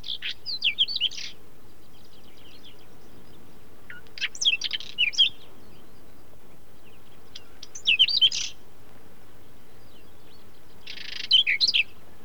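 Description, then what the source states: Whinchat song: short scratchy, warbled phrases of rapid high notes, each about a second long, repeated roughly every three to four seconds with quiet gaps between. Sings tirelessly from the top of a thistle on a hot day when everything else has fallen silent; central Russia.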